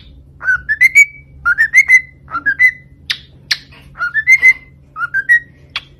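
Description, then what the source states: Cockatiel whistled song: repeated phrases of three or four whistled notes climbing in pitch, broken by short sharp chirps, with a low hum. Several cockatiels whistling, singing.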